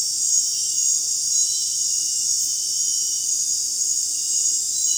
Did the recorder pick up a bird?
no